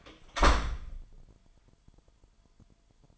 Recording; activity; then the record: daily activity, microphone in the room; close door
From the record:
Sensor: 5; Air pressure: 998.5 hPa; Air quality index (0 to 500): 82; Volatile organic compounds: 1 ppm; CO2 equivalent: 930 ppm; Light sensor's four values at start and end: 33/81/33/37 and 33/81/33/37